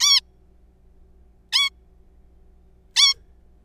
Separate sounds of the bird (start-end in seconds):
0.01-0.20, 1.53-1.70, 2.96-3.14